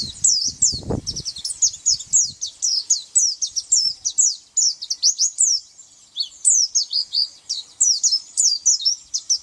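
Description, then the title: White-eye song: quick sweet high chirps in a rapid twittering stream, a short pause midway, with a soft low bump near the start. "Pleci"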